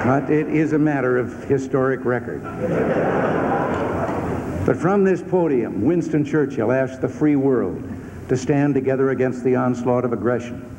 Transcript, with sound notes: But it is a matter of historic record. [Laughter] But from this podium, Winston Churchill asked the free world to stand together against the onslaught of aggression.